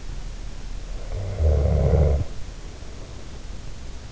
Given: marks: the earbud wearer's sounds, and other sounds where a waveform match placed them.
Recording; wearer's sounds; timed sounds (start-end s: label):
sounds in sleep by an in-ear microphone; snoring breath
0.87-4.05 s: snoring breath